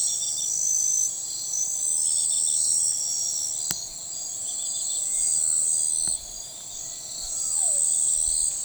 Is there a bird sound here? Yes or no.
no